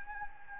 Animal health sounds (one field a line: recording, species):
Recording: mosquito wingbeat signal from an infrared sensor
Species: Anopheles gambiae